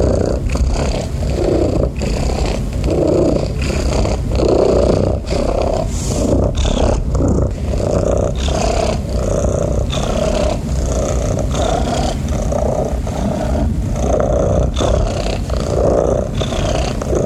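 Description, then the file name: Domestic cat purr, a continuous deep vibrating rumble rising and falling in even cycles about every second. "SOUNDS FX MASTER - Relaxing Cat Purring Sounds"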